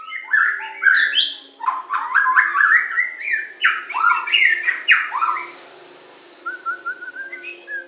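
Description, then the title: Oriental magpie-robin song: a rapid run of varied slurred whistles and harsh notes for about five seconds, then a pause and a few softer whistled phrases. "Kicau Kacer"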